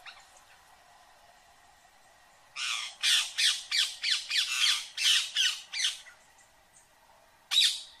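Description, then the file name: Rose-ringed parakeet giving a burst of harsh, shrill screeches, about ten in quick succession, then a pause and one more screech. "Canto do periquito indiano"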